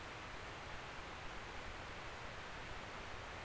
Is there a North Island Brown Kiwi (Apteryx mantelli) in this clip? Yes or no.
no